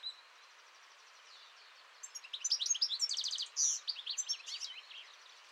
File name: Chardonneret-élègant